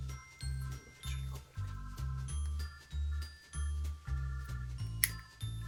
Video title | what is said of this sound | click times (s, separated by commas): Whatcha-Gonna-Do? I’ve Been Gettin’ CRAZY Ideas… - Monkeyshine Lab | It does click. See, I was right. | 5.0 s